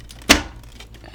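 A graphics card, aligned with the rear of the case, is pressed down into its motherboard PCIe slot and seats with a sharp click at 0.3 s. Fainter ticks at 0.1 s and 0.8 s are heard against a low background hum. The card is confirmed seated, before the bracket screw is refitted.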